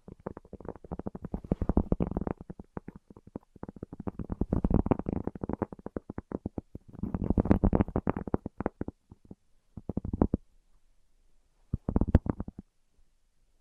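Rapid tapping in dense bursts, fingertips drumming quickly on a surface with a soft, muffled thud and some brighter clicks. Flurries run through the first half, pause briefly, then return in shorter clusters near ten and twelve seconds before fading out.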